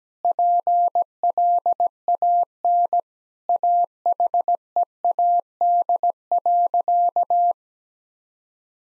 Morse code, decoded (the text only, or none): PLAN AHEAD.